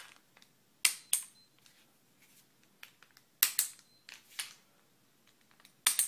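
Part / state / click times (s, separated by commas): digital torque wrench on a fastener / torque reached / 0.9 s, 3.4 s, 5.9 s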